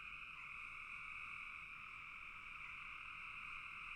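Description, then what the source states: Chorus of frogs, a steady shimmering trill made of countless overlapping calls, continuous and even from start to finish. Frogs calling in a bog.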